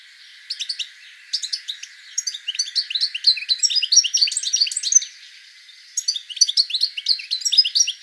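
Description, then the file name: European goldfinch twittering song, bursts of rapid, high tinkling notes with short pauses, lively throughout. "Carduelis carduelis"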